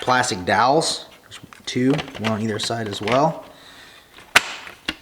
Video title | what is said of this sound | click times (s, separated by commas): IS THE FORD SYNC 4 F250 12" DASH CONVERSION KIT REAL??? | Push that in and it locks into place. | 4.4 s, 4.9 s